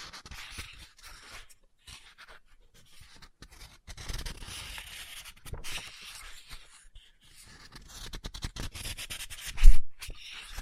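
Dry scratching and light tapping on a book, with papery rustles that suggest pages being handled. The sounds come in short, irregular bursts separated by brief silences, mostly soft, with a sharper, louder tap near the end at about 9.7 seconds.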